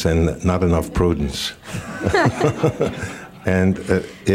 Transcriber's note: laughter